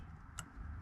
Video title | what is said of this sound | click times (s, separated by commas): 2011-2014 Chrysler 300 CarPlay Install!! | Yep this just pops right in here | 0.4 s